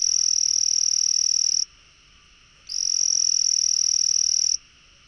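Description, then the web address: Frog trill: a high, steady, buzzing trill held for about one and a half seconds, a pause of about a second, then another long trill. No other clear sounds. "frog rec 150520"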